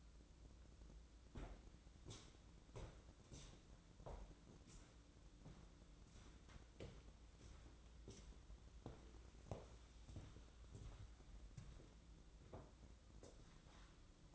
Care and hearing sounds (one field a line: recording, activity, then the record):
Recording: daily activity, microphone in the room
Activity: walk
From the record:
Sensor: 3